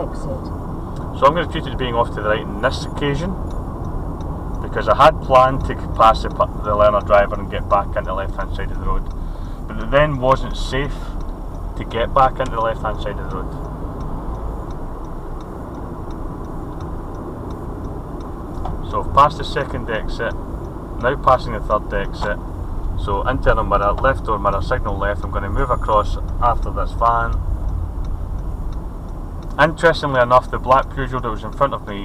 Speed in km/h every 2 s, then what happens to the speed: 35, 35, 32, 26, 24, 31, 37, 40, 37, 34, 35, 34, 31, 29, 26, 26.
0-8 slows to 24. 8-14 speeds up to 40. 14-32 slows to 26.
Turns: 14-25.